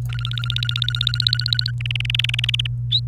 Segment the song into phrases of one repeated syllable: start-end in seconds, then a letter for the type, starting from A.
0.00-0.01 A, 0.09-1.71 B, 1.80-2.67 C